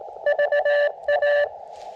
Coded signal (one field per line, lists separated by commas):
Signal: Morse code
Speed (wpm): 20 wpm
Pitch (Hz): 580 Hz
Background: none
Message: VA